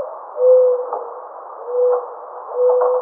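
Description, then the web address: Mourning dove giving three low, mellow, even-pitched coos, each roughly a third of a second long and spaced about a second apart, against steady hiss. Recorded 28 May 2009. "Mourning Dove 2009 05 28 Mourning Dove 01"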